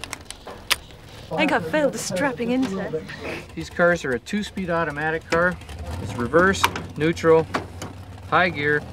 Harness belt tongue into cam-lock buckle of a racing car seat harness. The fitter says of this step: push it in make sure it clicks